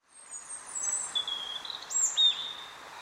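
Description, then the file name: European robin song, very high thin whistles followed by clear sustained notes that jump up and down in pitch, over soft constant hiss. "Erithacus rubecula"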